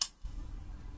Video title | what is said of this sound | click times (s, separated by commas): How to use Sony NP-F battery with the Z cam K1 pro | battery is installed and you can hear a very crispy click sound. | 0.0 s